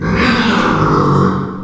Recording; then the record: squeal of a Yucatan mini pig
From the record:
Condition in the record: after surgery on the right vocal fold (resection and tissue-engineered implant); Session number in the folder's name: 15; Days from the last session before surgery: 175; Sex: female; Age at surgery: 19 weeks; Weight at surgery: 25 kg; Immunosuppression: prednisolone